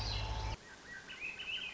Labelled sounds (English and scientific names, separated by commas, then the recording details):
Swainson's Thrush (Catharus ustulatus)
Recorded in Sonoma County, California